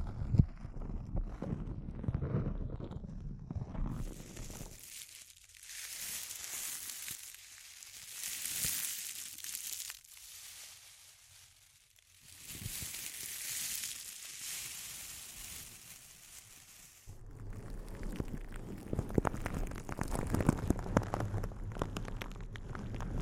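Intense close-up crinkles rustle and crackle throughout. The first four seconds are dense and low, then the sound turns thin and bright with hissing swells until about seventeen seconds, when fuller crumpling with sharp snaps returns to the end.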